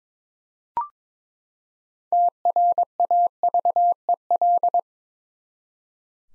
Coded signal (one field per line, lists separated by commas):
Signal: Morse code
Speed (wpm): 22 wpm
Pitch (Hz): 700 Hz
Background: none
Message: TRAVEL